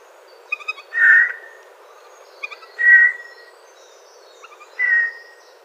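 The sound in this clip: Eurasian jay uttering three rough, slightly drawn-out calls about two seconds apart, each introduced by a few soft clicking notes, over a steady low background hiss.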